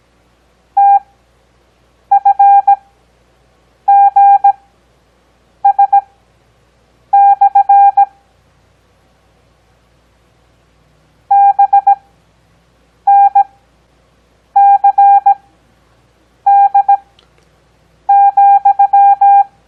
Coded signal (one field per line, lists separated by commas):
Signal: Morse code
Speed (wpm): 17 wpm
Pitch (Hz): 800 Hz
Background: none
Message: TFGS/ BNCD,